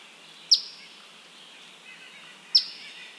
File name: Eastern Phoebe - Sayornis phoebe